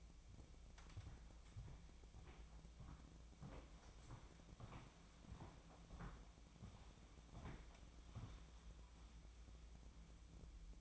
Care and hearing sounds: daily activity, microphone in the room; walk to room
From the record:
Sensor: 1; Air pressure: 999.9 hPa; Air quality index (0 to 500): 128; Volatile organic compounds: 2 ppm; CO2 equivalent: 1215 ppm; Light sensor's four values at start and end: 41/103/43/54 and 41/104/43/54

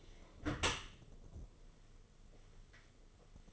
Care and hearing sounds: daily activity, microphone in the room; close dishwasher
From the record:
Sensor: 4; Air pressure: 1015.7 hPa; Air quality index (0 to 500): 95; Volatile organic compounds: 2 ppm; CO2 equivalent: 1059 ppm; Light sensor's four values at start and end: 9/19/7/7 and 8/18/7/7

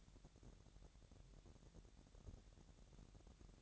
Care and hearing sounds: daily activity, microphone in the room; take from stove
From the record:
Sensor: 3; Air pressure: 1012.0 hPa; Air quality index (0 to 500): 210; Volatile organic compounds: 4 ppm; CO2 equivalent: 1567 ppm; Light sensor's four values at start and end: 110/259/108/98 and 109/258/108/98

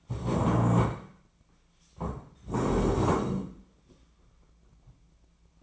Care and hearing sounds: daily activity, microphone in the room; stand up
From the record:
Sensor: 1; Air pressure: 1012.3 hPa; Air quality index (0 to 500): 174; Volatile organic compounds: 3 ppm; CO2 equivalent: 1432 ppm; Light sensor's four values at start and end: 43/118/48/58 and 43/117/48/58

